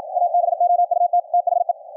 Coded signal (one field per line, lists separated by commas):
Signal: Morse code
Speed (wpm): 56 wpm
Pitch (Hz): 700 Hz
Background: none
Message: ABOUT THE